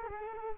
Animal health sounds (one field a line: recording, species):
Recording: mosquito wingbeat signal from an infrared sensor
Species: Culex quinquefasciatus